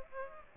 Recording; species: mosquito wingbeat signal from an infrared sensor; Aedes aegypti